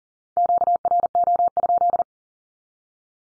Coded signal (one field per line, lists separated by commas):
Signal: Morse code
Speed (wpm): 40 wpm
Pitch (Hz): 700 Hz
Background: none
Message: QRO?